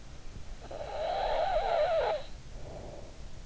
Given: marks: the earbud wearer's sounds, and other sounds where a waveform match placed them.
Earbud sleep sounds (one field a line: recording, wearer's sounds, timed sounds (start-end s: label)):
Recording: sounds in sleep by an in-ear microphone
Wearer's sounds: snoring breath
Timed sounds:
0.63-3.17 s: snoring breath